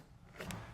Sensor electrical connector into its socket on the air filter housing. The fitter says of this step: Just push that in until you hear the click.